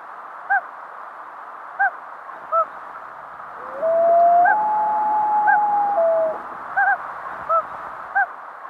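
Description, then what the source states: Common Loon wail, a long rising then level call held for about three seconds, with short notes scattered before and after. Recording credited to the Loon Preservation Committee.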